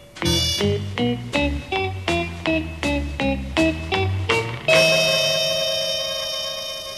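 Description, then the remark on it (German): A doorbell at a basement apartment door plays a quick melodic run of about a dozen bright, bell-like tones, then strikes one final note that rings on and slowly fades. No voices. “Jemand hatte geklingelt und gewartet.”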